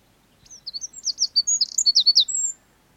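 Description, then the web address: Wren singing a short, energetic phrase of piercing high notes with a tiny rapid trill in the middle and a drawn-out whistled ending. "BBC Wrens"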